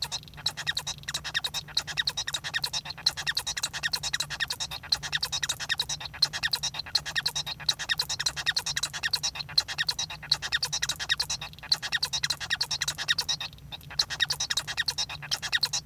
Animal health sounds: song of a male Bengalese finch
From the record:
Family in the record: son of father 1

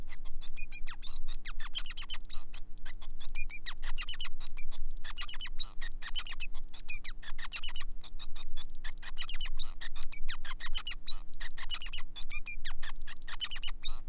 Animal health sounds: song of a male Bengalese finch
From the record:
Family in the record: son of father 5

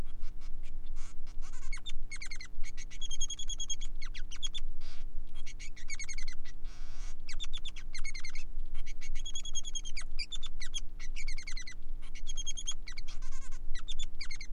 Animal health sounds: song of a male Bengalese finch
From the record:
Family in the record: son of father 3

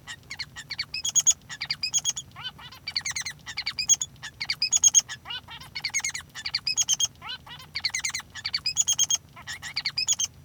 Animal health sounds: song of a male Bengalese finch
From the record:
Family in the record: son of father 3

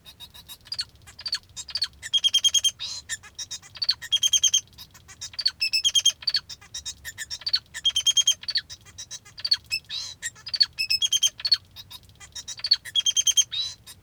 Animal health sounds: song of a male Bengalese finch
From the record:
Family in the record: father 2

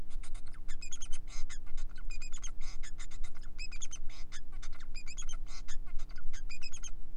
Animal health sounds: song of a male Bengalese finch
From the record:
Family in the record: son of father 4

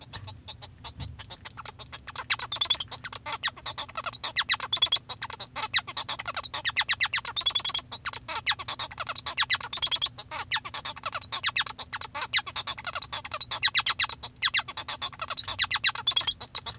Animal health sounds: song of a male Bengalese finch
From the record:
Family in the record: father 1

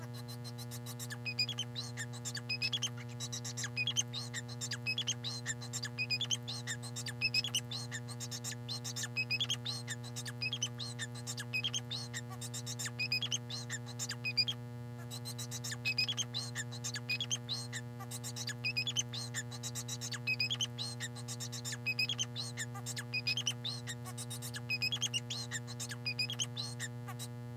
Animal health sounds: song of a male Bengalese finch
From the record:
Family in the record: son of father 4

